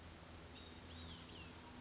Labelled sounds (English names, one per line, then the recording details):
Olive-sided Flycatcher
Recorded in Sonoma County, California